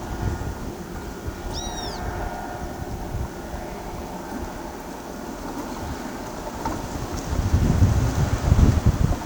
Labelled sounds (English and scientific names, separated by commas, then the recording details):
Great Kiskadee (Pitangus sulphuratus)
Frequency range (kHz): Great Kiskadee (Pitangus sulphuratus) 2.2-12.9 kHz
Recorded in pastures near Pivijay, Magdalena, Colombia, on 13 April 2023 at 16:00
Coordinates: 10.456, -74.369
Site P6-G026